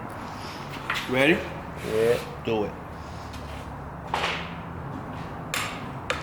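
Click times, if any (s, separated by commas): 6.1 s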